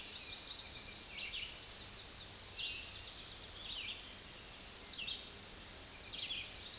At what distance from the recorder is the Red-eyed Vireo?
about 30 m